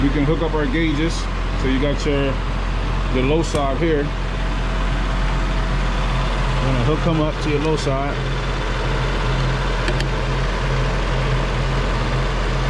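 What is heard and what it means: An A/C manifold gauge hose quick-connect coupler is pushed onto the metal low-side service port of a car's A/C system (G35, 350Z, M35 or Skyline) while someone talks over a steady vehicle hum. A couple of short hits are heard around 9.9 s and 10.0 s. The coupler has not seated or clicked in yet.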